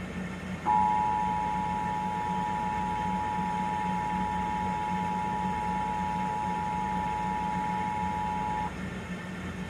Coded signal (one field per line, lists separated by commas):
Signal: Emergency Alert System (SAME) tones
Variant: 853 and 960 Hz attention tone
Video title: EAS Required Monthly Test: June 20, 2023